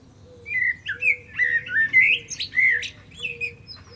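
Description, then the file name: Common blackbird song, a long run of mellow whistled notes sliding up and down, with a faint low steady tone repeating underneath about every half second. "Turdus merula"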